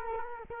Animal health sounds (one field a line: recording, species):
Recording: mosquito wingbeat signal from an infrared sensor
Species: Culex quinquefasciatus